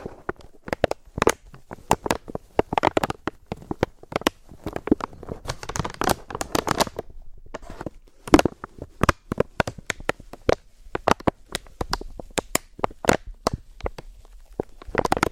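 Slow, gentle crinkling made of sharp, bright crackles that come in irregular bursts, several per second at times, with brief quiet gaps between. The pops are crisp and short, clustering more densely around the middle before thinning out near the end.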